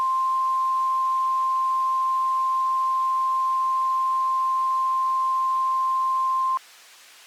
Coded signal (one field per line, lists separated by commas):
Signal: Emergency Alert System (SAME) tones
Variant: 1050 Hz attention tone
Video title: Spring Hell In Central Alabama (EAS Scenario)